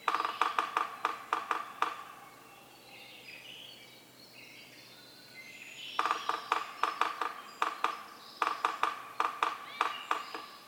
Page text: Yellow-bellied sapsucker: My favorite community of drummers, this one recorded beginning 15 minutes before sunrise and continuing well after.